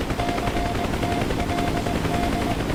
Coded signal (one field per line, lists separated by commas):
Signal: Morse code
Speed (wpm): 20 wpm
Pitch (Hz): 700 Hz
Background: none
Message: CTLD